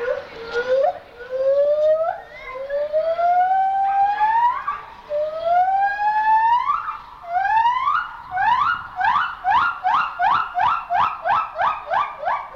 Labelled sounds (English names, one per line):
Silvery Javan Gibbon